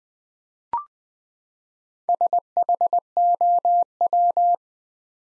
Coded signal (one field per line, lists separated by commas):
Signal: Morse code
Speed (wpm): 20 wpm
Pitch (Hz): 700 Hz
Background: none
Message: SHOW